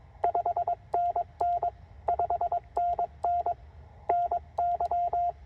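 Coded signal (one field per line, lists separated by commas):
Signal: Morse code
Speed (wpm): 22 wpm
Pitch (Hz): 700 Hz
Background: none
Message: 5NN 5NN NY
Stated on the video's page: CW Parks on the Air activation at a state park using a Penntek TR-45L, under poor conditions.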